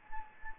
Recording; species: mosquito wingbeat signal from an infrared sensor; Anopheles gambiae